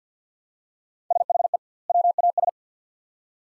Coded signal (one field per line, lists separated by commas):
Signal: Morse code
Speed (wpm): 50 wpm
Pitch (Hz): 700 Hz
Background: none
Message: SHE WAS